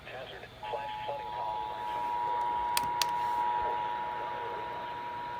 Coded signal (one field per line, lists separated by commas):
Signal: Emergency Alert System (SAME) tones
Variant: 853 and 960 Hz attention tone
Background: speech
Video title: A crazy night of alerts from Iasias EAS#161-188 8/3/20-8/4/20